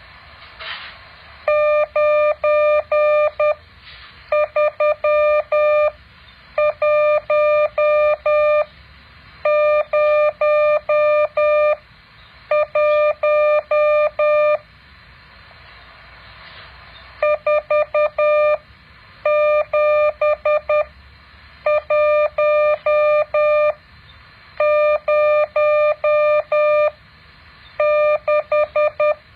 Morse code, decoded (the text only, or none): 93101 47106